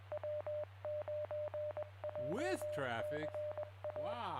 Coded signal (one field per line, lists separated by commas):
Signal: Morse code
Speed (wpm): 20 wpm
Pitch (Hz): 600 Hz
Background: speech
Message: W9JCA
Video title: Jay County Amateur Radio Club Tuesday Net at 7 PM on 11-10-2020